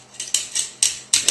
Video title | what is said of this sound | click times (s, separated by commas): AR-15 Field Strip | it locks in place with the buffer retention pin right there and now you're done with the lower | 1.1 s